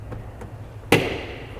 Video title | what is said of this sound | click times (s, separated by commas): 2018 2019 Toyota C-HR - How to install LED License Plate Light | You hear it click. You got it locked in. | 0.9 s